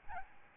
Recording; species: mosquito wingbeat signal from an infrared sensor; Aedes albopictus